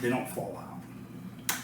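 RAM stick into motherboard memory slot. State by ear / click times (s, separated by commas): seated / 1.5 s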